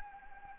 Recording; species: mosquito wingbeat signal from an infrared sensor; Anopheles arabiensis